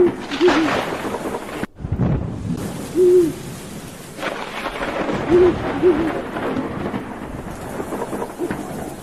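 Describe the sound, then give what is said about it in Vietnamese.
An owl hoots several times in the distance in short, wavering calls over steady heavy rain during a thunderstorm with lightning over deep mountain forest. Low rumbles of thunder roll underneath, with a brief drop to near silence early on. “Đằng xa xa có tiếng con chim cú bay lạc bầy trốn mưa, kêu lên làm cho người ta rợn cả người.”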